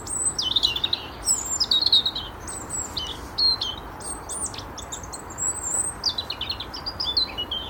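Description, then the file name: European robin song: a run of thin, high, varied phrases with sliding whistles and quick twittering notes, short pauses between bursts, over a steady background hiss. "Erithacus rubecula"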